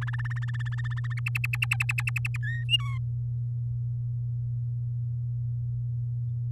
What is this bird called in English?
Domestic Canary